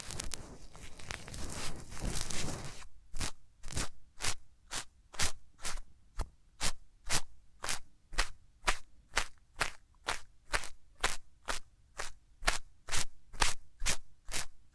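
Hands rub over the ears in a dense, scratchy rush for about three seconds, then switch to quick, evenly spaced brushing strokes, roughly two per second.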